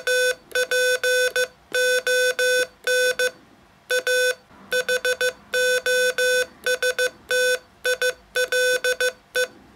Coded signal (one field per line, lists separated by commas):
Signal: Morse code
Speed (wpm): 15 wpm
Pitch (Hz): 500 Hz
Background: none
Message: TPON A HOSTILE